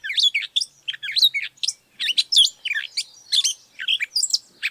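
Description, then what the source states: Gray Catbird singing a continuous string of varied, scratchy and whistled phrases, delivered rapidly with short gaps. Talkative garden bird in the Northeast; a mimic that copies other birds' sounds.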